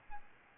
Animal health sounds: mosquito wingbeat signal from an infrared sensor; Aedes albopictus

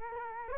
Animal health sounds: mosquito wingbeat signal from an infrared sensor; Culex quinquefasciatus

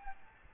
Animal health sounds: mosquito wingbeat signal from an infrared sensor; Aedes albopictus

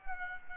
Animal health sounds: mosquito wingbeat signal from an infrared sensor; Culex pipiens

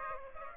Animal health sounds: mosquito wingbeat signal from an infrared sensor; Aedes aegypti

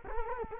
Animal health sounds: mosquito wingbeat signal from an infrared sensor; Culex quinquefasciatus

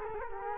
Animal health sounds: mosquito wingbeat signal from an infrared sensor; Culex quinquefasciatus

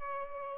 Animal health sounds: mosquito wingbeat signal from an infrared sensor; Culex pipiens

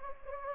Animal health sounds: mosquito wingbeat signal from an infrared sensor; Anopheles gambiae

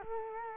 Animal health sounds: mosquito wingbeat signal from an infrared sensor; Culex quinquefasciatus

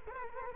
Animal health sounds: mosquito wingbeat signal from an infrared sensor; Culex quinquefasciatus

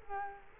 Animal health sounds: mosquito wingbeat signal from an infrared sensor; Culex quinquefasciatus

